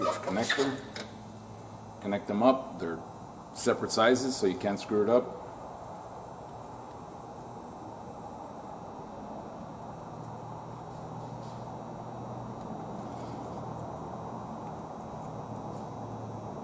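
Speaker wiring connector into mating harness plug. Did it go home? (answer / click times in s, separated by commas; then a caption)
no / none. Someone talks during the first five seconds while handling a speaker wiring connector beside its mating harness plug on a 2008 F-250; the connectors come in different sizes so they only join one way. After the talking stops, only a steady low hum and hiss remain to the end. Nothing has seated or clicked yet.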